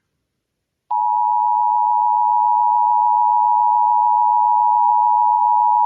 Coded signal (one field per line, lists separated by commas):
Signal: Emergency Alert System (SAME) tones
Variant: 853 and 960 Hz attention tone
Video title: 4am Los Angeles Required Monthly Tests (EAS #1159-#1175)